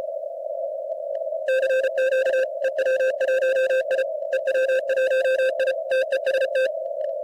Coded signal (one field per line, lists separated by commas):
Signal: Morse code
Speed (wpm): 33 wpm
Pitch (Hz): 1550 Hz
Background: radio noise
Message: CQ EW1I EW1I TEST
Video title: IARU Contest in CW